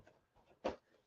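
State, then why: Seated. A 6-inch Lady Jaye action figure is pressed back into her molded slot in the clear plastic display case insert of an 8.5 by 12 inch UV case. After faint low rustling, a single soft pop sounds at 0.7 s and fades over about a tenth of a second. The figure is seated in its slot.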